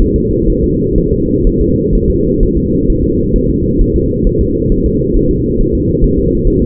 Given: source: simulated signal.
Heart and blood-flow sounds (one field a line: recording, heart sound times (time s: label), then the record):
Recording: fetal heart sounds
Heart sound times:
0.02 s: S1
0.16 s: S2
0.50 s: S1
0.64 s: S2
0.98 s: S1
1.13 s: S2
1.47 s: S1
1.61 s: S2
1.95 s: S1
2.10 s: S2
2.43 s: S1
2.57 s: S2
2.90 s: S1
3.04 s: S2
3.36 s: S1
3.50 s: S2
3.81 s: S1
3.96 s: S2
4.27 s: S1
4.41 s: S2
4.72 s: S1
4.86 s: S2
5.16 s: S1
5.31 s: S2
5.61 s: S1
5.75 s: S2
6.04 s: S1
6.19 s: S2
6.47 s: S1
6.62 s: S2
From the record:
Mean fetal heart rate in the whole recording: 130 bpm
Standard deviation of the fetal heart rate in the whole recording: 4 bpm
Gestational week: 38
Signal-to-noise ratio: -10.2 dB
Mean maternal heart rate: 72 bpm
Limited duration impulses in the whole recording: present